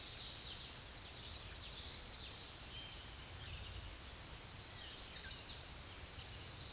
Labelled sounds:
Common Yellowthroat song
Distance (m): 25 m
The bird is about 5 m above the microphone
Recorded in a Pennsylvania forest on 16 May 2024 at 06:54
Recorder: AudioMoth, point MSD-1892
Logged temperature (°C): 14.5 °C
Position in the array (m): 85 m, 84 m

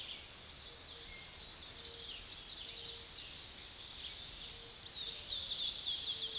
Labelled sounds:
American Redstart song
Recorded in a Pennsylvania forest on 16 May 2024 at 06:12
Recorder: AudioMoth, point MSD-0263
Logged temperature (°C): 16.0 °C
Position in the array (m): 92 m, 206 m

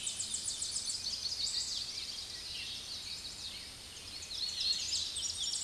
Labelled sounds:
Chestnut-sided Warbler song
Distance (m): 30 m
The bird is about 10 m above the microphone
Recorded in a Pennsylvania forest on 16 May 2024 at 07:07
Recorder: AudioMoth, point MSD-2417
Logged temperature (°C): 16.4 °C
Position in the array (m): 80 m, 57 m

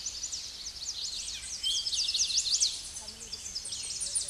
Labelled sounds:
Eastern Towhee song
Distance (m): 10 m
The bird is about 5 m above the microphone
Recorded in a Pennsylvania forest on 16 May 2024 at 08:24
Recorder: AudioMoth, point MSD-1401
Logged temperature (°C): 16.4 °C
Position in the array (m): 70 m, 171 m

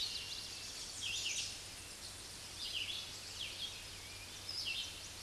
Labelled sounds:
Red-eyed Vireo song
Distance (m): 20 m
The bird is about 15 m above the microphone
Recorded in a Pennsylvania forest on 16 May 2024 at 06:42
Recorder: AudioMoth, point MSD-0079
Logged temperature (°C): 16.1 °C
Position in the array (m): 165 m, 73 m

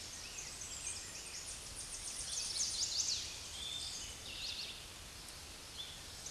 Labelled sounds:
Chestnut-sided Warbler song
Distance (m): 35 m
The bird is about 5 m below the microphone
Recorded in a Pennsylvania forest on 16 May 2024 at 08:37
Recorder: AudioMoth, point MSD-2349
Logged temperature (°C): 15.8 °C
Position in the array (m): 35 m, 30 m

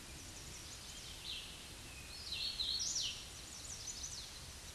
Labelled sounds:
Hooded Warbler song
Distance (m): 25 m
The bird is about 10 m above the microphone
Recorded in a Pennsylvania forest on 16 May 2024 at 08:26
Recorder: AudioMoth, point MSD-0192
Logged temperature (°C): 16.0 °C
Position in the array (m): 142 m, 58 m

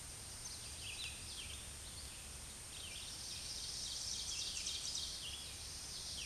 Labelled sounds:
Ovenbird song
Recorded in a Pennsylvania forest on 16 May 2024 at 07:34
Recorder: AudioMoth, point MSD-2083
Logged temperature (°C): 16.7 °C
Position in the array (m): 168 m, -24 m

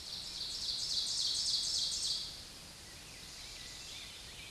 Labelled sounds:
Ovenbird song
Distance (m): 30 m
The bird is about 5 m above the microphone
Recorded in a Pennsylvania forest on 16 May 2024 at 07:23
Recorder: AudioMoth, point MSD-1539
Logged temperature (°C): 16.0 °C
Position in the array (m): 151 m, -8 m

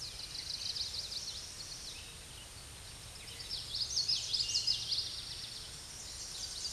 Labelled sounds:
Common Yellowthroat song
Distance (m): 35 m
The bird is about 5 m above the microphone
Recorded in a Pennsylvania forest on 16 May 2024 at 07:42
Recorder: AudioMoth, point MSD-2304
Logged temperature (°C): 16.0 °C
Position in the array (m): 241 m, 169 m

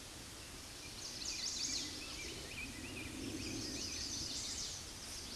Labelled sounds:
Chestnut-sided Warbler song
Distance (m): 45 m
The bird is about level with the microphone
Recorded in a Pennsylvania forest on 16 May 2024 at 09:32
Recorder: AudioMoth, point MSD-2349
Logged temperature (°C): 15.8 °C
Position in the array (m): 19 m, 26 m

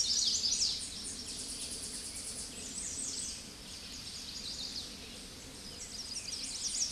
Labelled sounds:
Chestnut-sided Warbler song
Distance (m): 30 m
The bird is about 10 m above the microphone
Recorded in a Pennsylvania forest on 16 May 2024 at 08:15
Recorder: AudioMoth, point MSD-0526
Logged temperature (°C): 16.6 °C
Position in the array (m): 104 m, 202 m

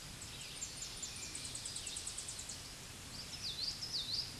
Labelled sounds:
Tennessee Warbler song
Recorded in a Pennsylvania forest on 16 May 2024 at 07:50
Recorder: AudioMoth, point MSD-0690
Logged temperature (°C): 16.0 °C
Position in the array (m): 162 m, 95 m

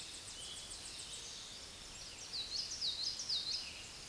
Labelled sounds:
Common Yellowthroat song
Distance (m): 20 m
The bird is about level with the microphone
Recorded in a Pennsylvania forest on 16 May 2024 at 06:15
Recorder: AudioMoth, point MSD-0178
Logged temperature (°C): 15.3 °C
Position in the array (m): 62 m, 49 m

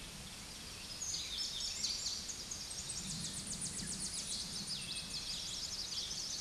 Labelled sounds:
Tennessee Warbler song
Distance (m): 30 m
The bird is about 5 m above the microphone
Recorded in a Pennsylvania forest on 16 May 2024 at 07:04
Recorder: AudioMoth, point MSD-0521
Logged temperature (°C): 15.8 °C
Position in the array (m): 73 m, 104 m

